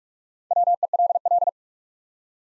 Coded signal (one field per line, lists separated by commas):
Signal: Morse code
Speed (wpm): 44 wpm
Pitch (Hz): 700 Hz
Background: none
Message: WELL